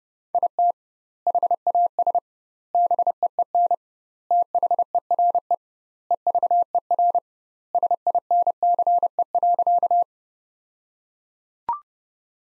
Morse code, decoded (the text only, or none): IT HAS BEEN THERE EVER SINCE.